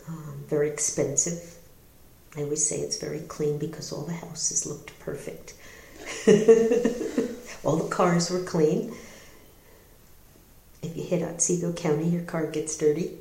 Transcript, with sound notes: very expensive. I always say it's very clean because all the houses looked perfect. [laughter] All the cars were clean. You hit Otsego County and your car gets dirty.